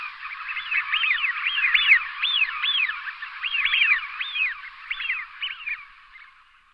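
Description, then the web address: Eurasian wigeon whistled calls: many overlapping rising-and-falling 'whee-oo' whistles from several birds, running continuously and fading toward the end. "anseriformes a penelope"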